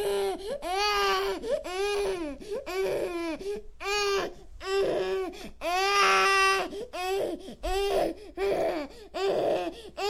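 An infant cries in about ten repeated bursts, each a rising-falling wail with a clear high pitch, separated by short gasping breaths. The cry is strong and sustained, typical of ordinary infant crying, here a sound effect.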